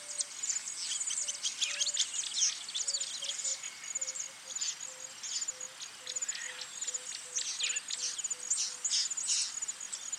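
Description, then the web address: Birds in a lively chorus of sharp high chirps and trills, with a series of short low notes repeating steadily beneath. Birds singing in a bird park. "zvuk peniya ptits v parke ptits eschyo park ptits"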